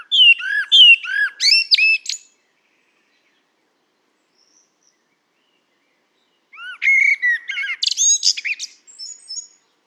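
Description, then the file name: Common blackbird delivering two song phrases about four seconds apart, clear fluted whistles mixed with high, thin squeaks and twitters. "Turdus merula"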